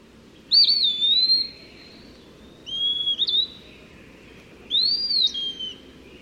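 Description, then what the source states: Eastern Wood-Pewee song, slow, plaintive, slurred whistles, each drawn-out phrase falling or rising, repeated about every two seconds over a steady low background hum. Singing style described as more plaintive than the Eastern Phoebe's; whistles its name over and over; common in leafy forests east of the Rockies; more often heard than seen.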